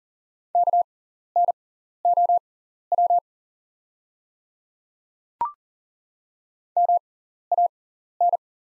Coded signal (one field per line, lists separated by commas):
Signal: Morse code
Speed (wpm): 40 wpm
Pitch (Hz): 700 Hz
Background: none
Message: KNOW MAN